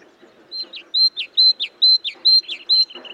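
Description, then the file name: Great tit with a steady series of loud whistled notes, each followed by a quick downward slur, about six in a row, then a rustling noise at the end. "Parus major"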